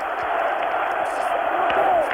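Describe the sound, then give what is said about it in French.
A large crowd cheers and acclaims General de Gaulle, head of the French government, chanting "de Gaulle, de Gaulle", a dense, steady roar of many voices holding at a loud level for the whole stretch, with occasional higher shouts rising above the mass. “Entendez la foule qui l'acclame, de Gaulle, de Gaulle.”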